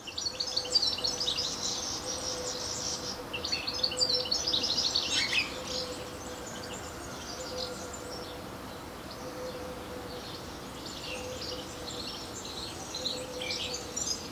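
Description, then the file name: European Goldfinch twittering, lively high chirps in the first six seconds, then quieter scattered notes, over a faint steady low tone. "Carduelis carduelis"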